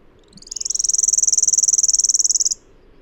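Bird delivering one high, even, rapid trill of closely spaced pulses, steady for about two seconds before stopping abruptly.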